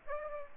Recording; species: mosquito wingbeat signal from an infrared sensor; Aedes aegypti